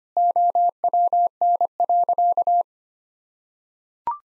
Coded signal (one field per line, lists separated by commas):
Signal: Morse code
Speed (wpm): 25 wpm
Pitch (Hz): 700 Hz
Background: none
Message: OWN.